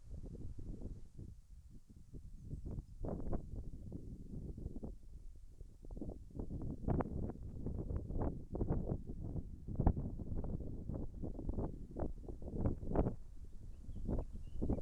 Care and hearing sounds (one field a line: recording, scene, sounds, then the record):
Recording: everyday scene through a hearing-aid microphone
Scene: wind on the microphone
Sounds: wind, birds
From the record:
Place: in front of a rural house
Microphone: behind the ear, right, rear